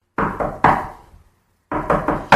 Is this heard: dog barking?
no